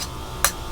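Another clip of the same trim panel is pressed onto the door window section of a scale model Volkswagen T1 Samba Camper Van. A single sharp snap at 0.4 s rises well above the quiet background, and the clip seats in place.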